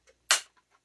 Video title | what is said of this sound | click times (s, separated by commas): HasLab GI Joe Skystriker Needless Unboxing | I'm just snapped into place eventually | 0.3 s